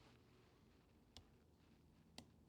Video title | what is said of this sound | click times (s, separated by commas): Tool Check #10, Klein KNECT (S) Multi Bit Drivers (32528HD, 32500HDRT, 32561HDRT, 32517HD) | Yep. You hear a little click? | 1.2 s, 2.2 s